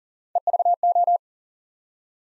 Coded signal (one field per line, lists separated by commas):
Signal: Morse code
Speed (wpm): 40 wpm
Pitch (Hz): 700 Hz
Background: none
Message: EVO